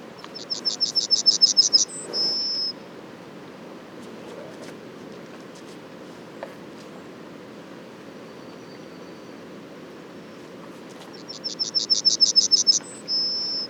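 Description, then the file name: Yellowhammer singing twice about ten seconds apart, each phrase a fast run of high chips ending in a higher note and a long drawn final tone. Les Alisiers, 21 July 2020; several yellowhammers. "200721-11-bruants-jaunes-Les-Alisiers"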